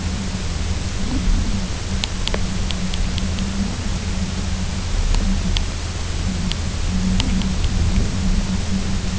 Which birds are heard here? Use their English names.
none